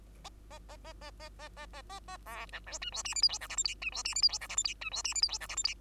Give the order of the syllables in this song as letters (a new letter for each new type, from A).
A A A A A A A A A A A B C D E F G H I J K L M N E F G H I J K L M N E F G H I J K L M N